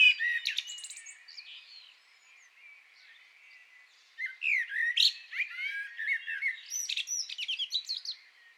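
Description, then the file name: Common blackbird song: a high scratchy flourish, a quieter gap of soft notes, then a lively run of fluted whistles and squeaky twitters. "Turdus merula"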